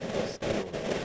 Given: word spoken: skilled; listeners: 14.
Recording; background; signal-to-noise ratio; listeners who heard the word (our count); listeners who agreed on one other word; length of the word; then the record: one English word in noise, from a listening test; noise modulated by three-talker babble; -6.9 dB; 0 of 14; 6 of 14; 0.65 s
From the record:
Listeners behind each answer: 6, 2, 2, 1, 1, 1, 1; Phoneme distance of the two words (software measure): 27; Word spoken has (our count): 1 syllable, 5 phonemes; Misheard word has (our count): 1 syllable, 4 phonemes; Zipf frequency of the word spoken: 3.95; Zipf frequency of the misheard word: 4.34